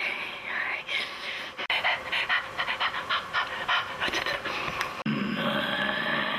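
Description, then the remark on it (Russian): An actress imitates a dog with her voice, producing a run of breathy, raspy growls and huffing pants in quick uneven bursts, with a couple of abrupt breaks before a steadier hiss. “Артистка рычит, рисованная стрелка скалит зубы.”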